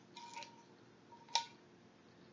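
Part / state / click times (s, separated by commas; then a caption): metal can lid cut free from the can body by a can opener / released / 1.4 s. A manual side-cut can opener is twisted around a metal can, giving faint ticking and a soft scrape near 0.2 s over a steady background hum. A sharp, short pop at 1.4 s marks the seal giving way, and the lid comes free from the can body.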